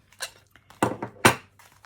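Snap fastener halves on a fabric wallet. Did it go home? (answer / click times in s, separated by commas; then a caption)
yes / 0.8 s, 1.3 s. Newly set male and female snap fastener halves on a cotton wallet are pressed closed to test them. After a soft tap at 0.2 s, crisp snaps land at 0.8 s and 1.3 s, the second one loudest, with faint rustling around them. Both snaps seat firmly and are judged perfect.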